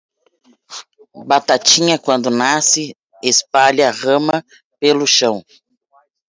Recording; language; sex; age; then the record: short text; Brazilian Portuguese; female; 40 to 49 years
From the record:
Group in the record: control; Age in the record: 46 years